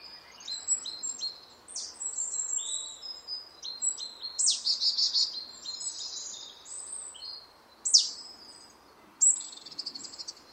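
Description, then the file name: Marsh tit calling: repeated buzzy, nasal chatter notes mixed with sharp, high, downward-slurred calls, over a low steady hiss. "Poecile palustris"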